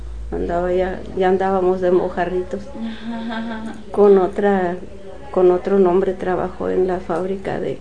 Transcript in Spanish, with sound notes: Andaba ya, ya andábamos de mojarritos, (risas) con otra, con otro nombre trabajó en la fábrica